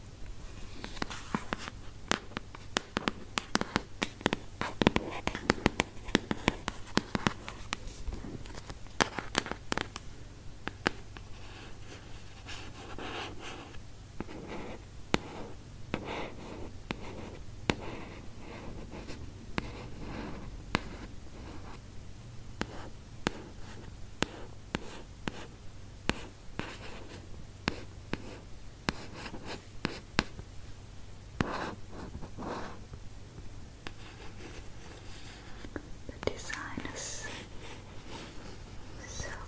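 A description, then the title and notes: Dry scratching strokes on a back come in quick irregular bursts over a low steady hum, busiest early and thinning later. ASMR scratching your back.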